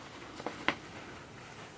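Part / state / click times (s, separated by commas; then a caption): removable piece going back into a bra / seated / 0.7 s. A removable piece is pushed back into its spot in a bra and pops into place. A faint tap at 0.5 s is followed by a sharper short click at 0.7 s, then quiet background. The piece is seated.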